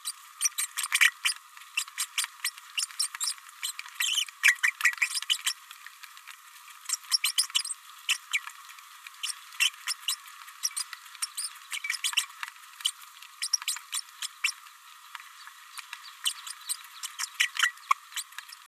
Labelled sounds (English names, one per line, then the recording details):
Green-rumped Parrotlet babbling
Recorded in a nest box in Venezuela
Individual 18B104A3